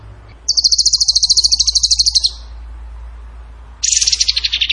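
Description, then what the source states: Bird song: a high, rapid pulsing trill of about two seconds, then after a pause a second trill sliding slightly downward. Songbird training audio (masteran) in the tembakan gacor song style.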